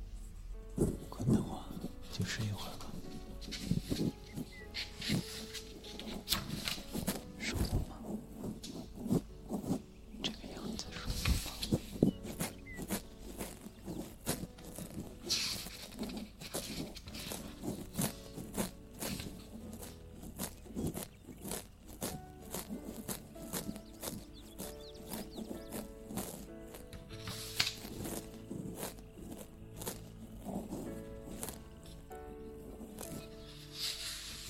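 Handling sounds run throughout: dense, irregular tapping and scratching, with louder rustling bursts near 11, 15 and 28 seconds like pages being turned. Faint steady tones and a low rumbling hum sit underneath, changing pitch now and then.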